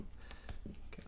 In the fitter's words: that's all locked into place excellent right so we have the super grills in